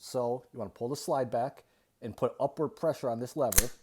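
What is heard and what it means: Someone talks while the steel slide of a Star BM pistol is pulled back and upward pressure is put on the takedown lever to bring it toward the slide notch. Nothing has seated or clicked yet; the lever has not snapped into the notch or locked the slide open by the end.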